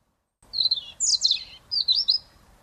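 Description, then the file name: European robin singing a short, high, liquid warble of sliding thin notes that rise and fall in quick succession. "Erithacus rubecula"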